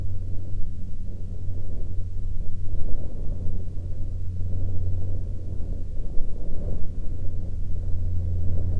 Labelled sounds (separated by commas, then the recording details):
aircraft
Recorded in the Prudhoe Bay oil fields, Alaska, on 14 May 2021 at 10:44
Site 17